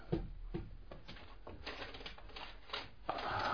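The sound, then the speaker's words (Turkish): Rustling and scraping as hands rummage inside the chimney of a manor house, with irregular knocks and a crackle as a bundle of papers, the manuscript of a detective novel, is pulled out, swelling into a louder rustle at the end. “Bacanın içinde bir tomar kağıt var.”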